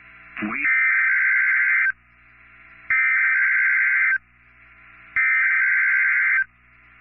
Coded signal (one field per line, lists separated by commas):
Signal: Emergency Alert System (SAME) tones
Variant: header bursts